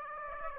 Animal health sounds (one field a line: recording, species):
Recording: mosquito wingbeat signal from an infrared sensor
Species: Aedes aegypti